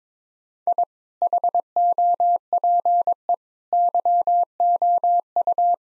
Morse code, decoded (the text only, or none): I HOPE YOU